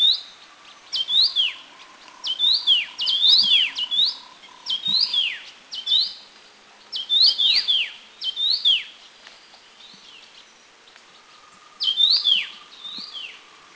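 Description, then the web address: Taiwan yuhina calls: sharp high notes slurring steeply downward, given singly and in quick pairs or triplets, with a faint steady hum underneath. Taiwan, April 2010. "Taiwan April 2010. Taiwan Yuhina Blue Gate"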